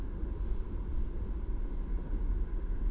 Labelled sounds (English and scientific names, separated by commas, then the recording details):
none
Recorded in Germany
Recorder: ecoPi